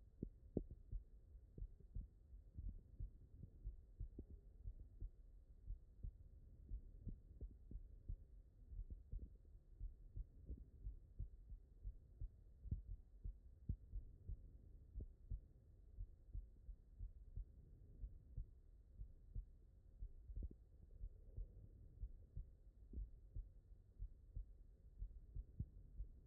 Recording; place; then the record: heart sounds by stethoscope; aortic valve (AV)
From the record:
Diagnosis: non-HFrEF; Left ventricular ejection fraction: 62%